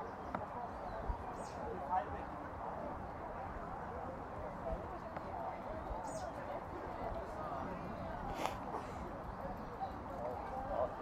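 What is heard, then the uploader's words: Sitting in a busy city square near the White House, with a steady, dense murmur of many voices talking at once. Brief sharp clicks and taps, possibly footsteps or hooves, ring out near 2, 6 and 8 seconds over a low outdoor rumble. Counterclockwise around the White House. A stereo field recording from June 4, 2017 in Washington D.C. Sitting in Lafayette Square, near the North Lawn of White House.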